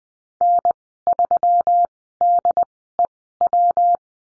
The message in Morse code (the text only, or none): N3DEW